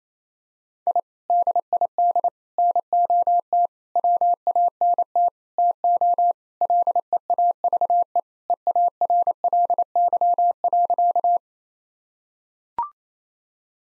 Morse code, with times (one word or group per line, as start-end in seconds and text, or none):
0.9-1.0 I
1.3-2.3 DID
2.6-3.7 NOT
4.0-5.3 WANT
5.6-6.3 TO
6.6-8.2 LEAVE
8.5-11.4 EARLY.